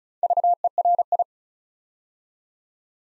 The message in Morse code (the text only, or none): VERI